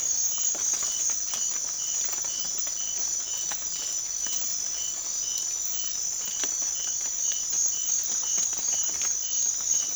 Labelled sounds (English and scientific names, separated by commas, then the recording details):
none
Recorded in secondary vegetation near Puerto Asís, Putumayo, Colombia, on 25 June 2025 at 00:00
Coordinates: 0.500, -76.326
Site GP08